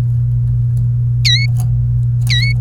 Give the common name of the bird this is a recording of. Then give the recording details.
Domestic Canary. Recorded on 28 April 2018 at 06:31. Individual llb3